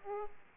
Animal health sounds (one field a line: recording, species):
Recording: mosquito wingbeat signal from an infrared sensor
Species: Aedes aegypti